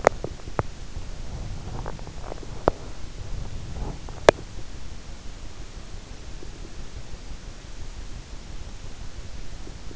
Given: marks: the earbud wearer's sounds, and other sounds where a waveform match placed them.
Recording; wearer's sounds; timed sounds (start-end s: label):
sounds in sleep by an in-ear microphone; teeth grinding
0.00-0.70 s: teeth grinding
1.48-3.03 s: teeth grinding
4.05-4.57 s: teeth grinding